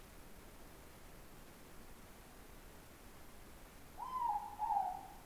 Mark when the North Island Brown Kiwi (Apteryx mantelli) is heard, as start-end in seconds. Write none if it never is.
none